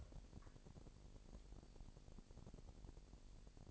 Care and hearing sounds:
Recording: daily activity, microphone in the room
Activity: take from stove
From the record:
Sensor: 5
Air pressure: 1002.1 hPa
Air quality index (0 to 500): 249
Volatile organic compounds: 9 ppm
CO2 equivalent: 2168 ppm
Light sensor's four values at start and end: 20/42/19/21 and 20/44/19/22

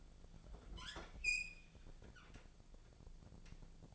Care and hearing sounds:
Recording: daily activity, microphone in the room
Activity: open fridge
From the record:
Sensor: 5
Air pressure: 1000.2 hPa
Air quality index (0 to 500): 99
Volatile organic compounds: 1 ppm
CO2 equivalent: 806 ppm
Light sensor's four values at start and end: 219/517/222/243 and 221/522/224/245

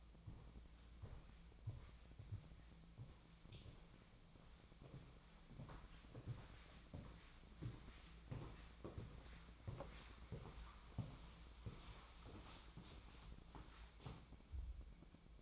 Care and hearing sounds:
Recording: daily activity, microphone in the room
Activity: walk to room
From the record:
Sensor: 1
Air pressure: 1010.2 hPa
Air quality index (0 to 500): 182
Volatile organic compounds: 15 ppm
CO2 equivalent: 2503 ppm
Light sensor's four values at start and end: 39/100/42/51 and 36/96/39/48

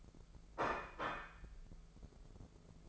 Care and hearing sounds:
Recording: daily activity, microphone in the room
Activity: place plate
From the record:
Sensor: 5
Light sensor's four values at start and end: 78/184/78/86 and 78/184/78/86

